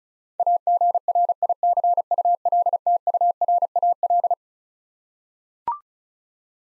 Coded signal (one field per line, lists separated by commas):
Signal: Morse code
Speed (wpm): 36 wpm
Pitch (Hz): 700 Hz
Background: none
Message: AGRICULTURAL